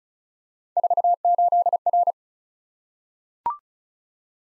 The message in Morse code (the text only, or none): 48R